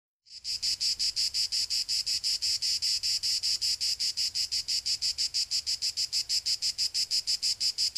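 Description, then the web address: Cicada song: a high, hissing buzz that starts abruptly and pulses steadily and rapidly. "cicadas euroblues"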